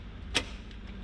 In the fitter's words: little click says he's home